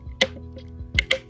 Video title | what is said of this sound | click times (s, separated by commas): HOW TO FIGPIN!!!! TUTORIAL | until it clicks out, and then just push up, | 0.2 s, 1.0 s, 1.1 s